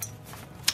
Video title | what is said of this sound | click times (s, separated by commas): How To Setup A Pop Up Canopy Tent - The Easy Way | just push until it clicks in there. | 0.7 s